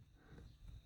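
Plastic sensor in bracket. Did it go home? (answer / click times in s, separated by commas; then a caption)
no / none. On a Fiat 500, a new, tighter sensor switch is turned towards the engine to twist-lock it into its bracket, to fix ESP and hill holder warning faults. Only low, muffled handling and scuffing noises are heard. Nothing has clicked or seated yet.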